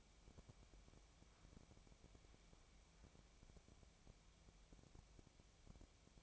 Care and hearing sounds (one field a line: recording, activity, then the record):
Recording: daily activity, microphone in the room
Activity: wipe stove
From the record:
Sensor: 1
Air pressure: 1000.6 hPa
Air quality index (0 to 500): 185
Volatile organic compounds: 5 ppm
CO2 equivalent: 1707 ppm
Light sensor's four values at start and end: 12/30/12/14 and 12/29/12/14